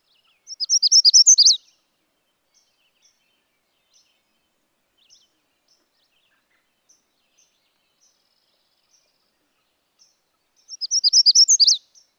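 Magnolia warbler singing a brief, high, warbled phrase of rapid slurred notes, repeated after a nine-second pause with scattered faint ticks in between.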